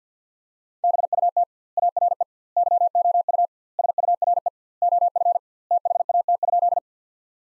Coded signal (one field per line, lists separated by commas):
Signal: Morse code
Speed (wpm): 50 wpm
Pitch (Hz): 700 Hz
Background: none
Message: BUT ARE YOU SURE OF THAT?